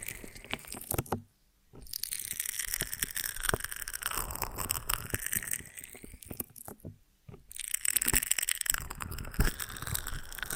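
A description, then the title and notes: Honeycomb on a branch being handled, with dense crackly, sticky crunching and clicks, pausing briefly near one and seven seconds. ASMR of a Honeycomb on Branch (No Talking).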